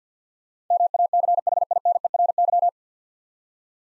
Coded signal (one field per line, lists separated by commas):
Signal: Morse code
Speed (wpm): 50 wpm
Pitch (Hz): 700 Hz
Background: none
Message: MACHINERY